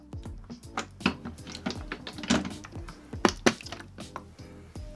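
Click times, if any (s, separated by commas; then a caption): 3.2 s, 3.5 s. A refilled 16 oz plastic water reservoir is pushed back into a Kobalt 24V cordless handheld wet tile saw, with light handling knocks and background music. It snaps in with two sharp clicks at 3.3 s and 3.5 s and is seated.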